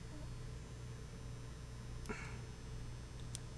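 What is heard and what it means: A plastic masking blinder for a Bosch DS150I white electric motion sensor is pressed into the lens area of the sensor housing over a low steady hum. A faint rustle sounds around 2.1 seconds, then a short sharp click at 3.4 seconds as the blinder snaps and seats in place.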